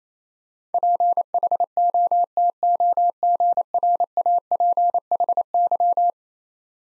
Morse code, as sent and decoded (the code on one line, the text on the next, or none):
.--. .... --- - --- --. .-. .- .--. .... -.--
PHOTOGRAPHY